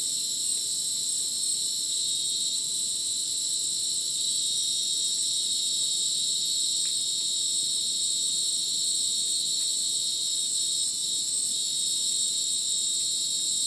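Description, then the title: Crickets chorus steadily in high shrill layers, with faint rapid ticking pulses and a few isolated clicks throughout. Rainforest at Madidi National Park, Ucumari, Bolivia, after sunset; very dense insect chorus likened to a polyrhythmic electronic concert; AT BP4029 microphone, MixPre 6 recorder. "Madidi National Park, Ucumari, Bolivia - Supersonic Crickets in the rainforest"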